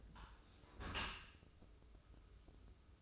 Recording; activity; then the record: daily activity, microphone in the room; close dishwasher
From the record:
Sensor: 2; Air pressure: 995.8 hPa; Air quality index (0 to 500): 96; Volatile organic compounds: 5 ppm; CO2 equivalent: 1776 ppm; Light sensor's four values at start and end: 25/81/32/31 and 25/81/32/31